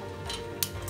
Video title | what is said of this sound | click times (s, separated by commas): 이고진 713U 입식 사이클 조립 및 사용 방법 | 결합시 딸깍 소리가 나야 되고요 | 0.6 s